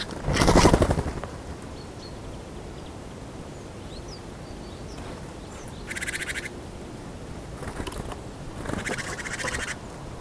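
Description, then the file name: Great tit giving short buzzy churring bursts, two spaced rattles late in the recording, after a loud rushing noise at the start. "Parus major"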